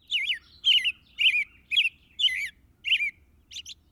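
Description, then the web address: Robin singing clear, warbled caroling phrases, each about a quarter second long and repeated roughly twice a second, with a thin, high note at the end. "BIRD NOTE. Robin"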